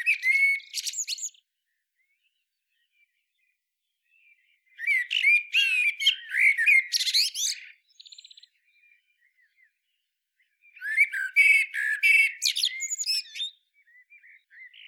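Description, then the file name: Common blackbird giving three bursts of squeaky, chattering notes mixed with brief whistles, each burst lasting one and a half to three seconds, separated by quiet gaps. "Turdus merula"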